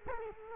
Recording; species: mosquito wingbeat signal from an infrared sensor; Culex quinquefasciatus